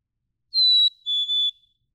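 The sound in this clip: Black-capped chickadee song: a single clear two-note whistle, a higher steady note followed by a slightly lower one, in an otherwise silent background.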